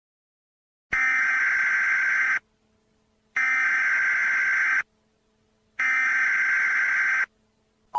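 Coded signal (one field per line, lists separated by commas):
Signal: Emergency Alert System (SAME) tones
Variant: header bursts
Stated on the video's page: Fictional EAS scenario.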